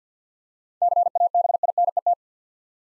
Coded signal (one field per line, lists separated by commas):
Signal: Morse code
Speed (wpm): 53 wpm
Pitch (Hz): 700 Hz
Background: none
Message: CABINET